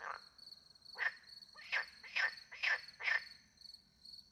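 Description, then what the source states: Frog calls, several short notes, with constant high cricket chirping behind. Frogs with crickets at night in the French countryside near a little pond; microphones hidden in a tree; recorded with two Usi pro microphones into a Mixpre 10 II recorder.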